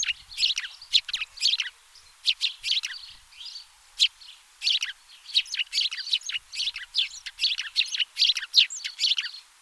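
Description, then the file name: House sparrow chirping: a busy run of short, sharp chirps, mostly in rapid groups with brief gaps, steady throughout. "Passer domesticus"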